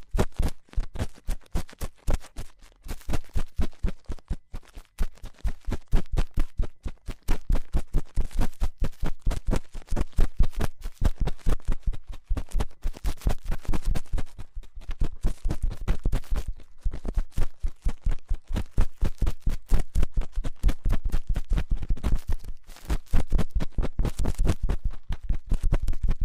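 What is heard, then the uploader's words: Slime being squished and worked, heard as a dense run of sharp wet clicks and pops that keep coming throughout. The clicks are irregular and sometimes bunch into quick bursts, each one crisp from low to bright, with short quieter gaps near the start and around 14 and 22 seconds. Slime Sounds.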